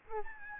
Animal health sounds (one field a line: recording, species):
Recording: mosquito wingbeat signal from an infrared sensor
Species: Aedes albopictus